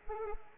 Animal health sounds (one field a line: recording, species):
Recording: mosquito wingbeat signal from an infrared sensor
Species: Anopheles arabiensis